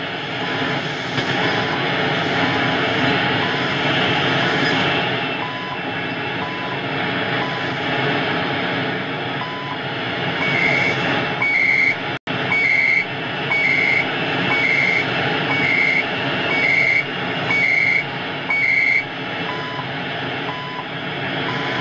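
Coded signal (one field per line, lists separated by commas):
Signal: radio time signal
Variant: CHU Canada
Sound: faint 1 kHz second ticks, then eight warbling high-pitched data chirps once per second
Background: heavy radio static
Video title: CHU Canada 14670kc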